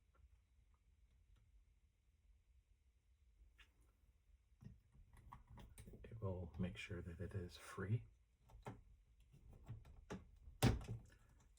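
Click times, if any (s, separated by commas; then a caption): 10.6 s. A plastic ball cup on the steering of an MR-04 EVO2 5600KV RC car build is pressed back over a steering ball whose top has been coated with lubricant, while someone talks. Soft handling clicks lead up to a sharp snap at 10.6 s as the cup seats back onto the ball.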